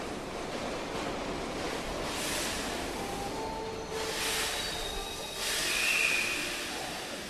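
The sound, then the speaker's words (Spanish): A subway train pulls into a station with a steady roaring rumble that swells in waves, rising louder toward the end, topped by a brief high-pitched brake squeal. “A ver, espera que ahí viene el subte, ahora la seguimos.”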